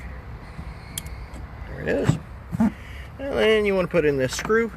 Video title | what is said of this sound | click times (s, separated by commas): BMW 325i 2003 Windshield Washer Pump Replacement | get all the way in so you hear the click | 1.0 s